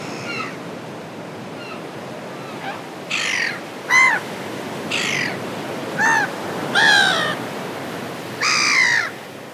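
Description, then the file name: Gull calls, harsh squawks repeated irregularly every second or two, over a low background hiss. "seagull sound"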